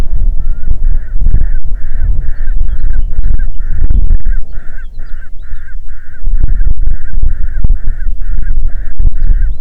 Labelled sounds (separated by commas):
bird, wind